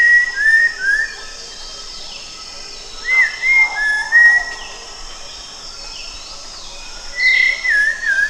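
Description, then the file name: Cempala kuning singing short bursts of bright whistled notes, dipping and rising slurs in three groups separated by pauses, with a constant high hiss behind. "cempalakuning omkicau"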